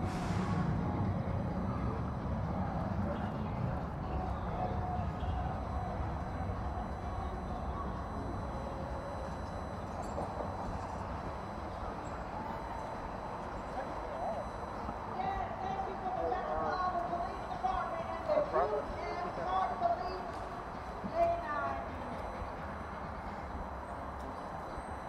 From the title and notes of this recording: Counterclockwise around the White House. A stereo field recording from June 4, 2017 in Washington D.C. Sitting in Lafayette Square, near the North Lawn of White House.